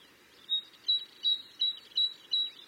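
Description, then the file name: Great tit giving six thin, high whistled notes spaced evenly about every third of a second over a soft background hiss. "Parus major"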